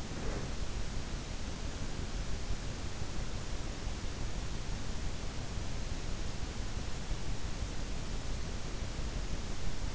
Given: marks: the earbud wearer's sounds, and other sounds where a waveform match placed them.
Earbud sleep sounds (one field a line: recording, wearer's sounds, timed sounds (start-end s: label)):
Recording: sounds in sleep by an in-ear microphone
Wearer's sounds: breath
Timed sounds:
0.00-0.71 s: breath